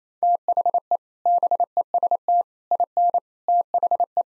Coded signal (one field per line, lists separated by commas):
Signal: Morse code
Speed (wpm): 28 wpm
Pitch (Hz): 700 Hz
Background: none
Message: THE BEST IN THE